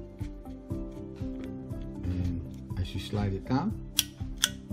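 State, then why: Seated. Someone talks while pressing the lock button on the extendable column of an Apexel APL-JJ06 extendable small light tripod for DSLR cameras and smartphones, sliding the plastic/metal section down to the marked line, over a steady tonal background. Two sharp mechanical clicks at 4.0 s and 4.4 s mark the section locking into place on the line.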